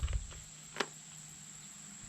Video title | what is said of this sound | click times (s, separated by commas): SAKER HEDGE TRIMMERS REVIEW | There's audible click. | 0.8 s